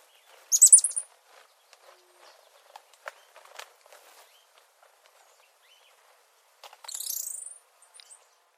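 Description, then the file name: Rainbow starfrontlet calls: two bursts of very high, thin, squeaky chirps about six seconds apart, with soft scattered ticks and taps between them. "Golosa ptic - Raduzhnyj kolibri-inka Coeligena iris"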